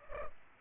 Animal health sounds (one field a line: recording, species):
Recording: mosquito wingbeat signal from an infrared sensor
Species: Culex pipiens